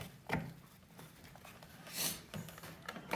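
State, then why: Not seated. A spool and plastic cover are pressed together onto the head of a 60 volt Greenworks Pro string trimmer, with the cover lined up over the release buttons and pushed down. Short plastic knocks land at about 0.3 s and 3.1 s, with a soft broadband rustle of handling near 2.0 s. Nothing has seated or clicked into place yet.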